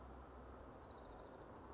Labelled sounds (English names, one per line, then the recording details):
Orange-crowned Warbler
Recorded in Sonoma County, California